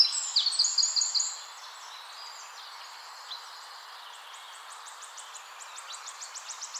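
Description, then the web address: Eurasian wren with loud sharp high notes at first, then a quieter run of rapidly repeated ticks, over a steady hiss. "pub SETE data Troglodytes troglodytes"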